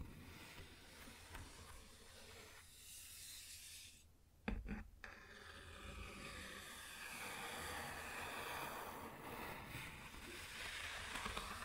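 Scratching and rubbing on a wood surface runs throughout as a continuous rough rasp, softer and thinner around four seconds. A sharp knock lands near 4.5 seconds with a few smaller taps right after, then the dense scraping resumes, growing brighter and slightly louder toward the end.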